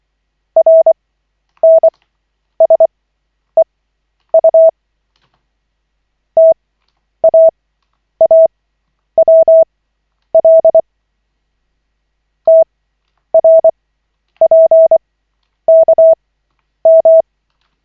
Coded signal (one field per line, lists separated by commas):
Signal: Morse code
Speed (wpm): 24 wpm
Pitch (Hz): 650 Hz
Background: none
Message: RNSEU TAAWL TRPKM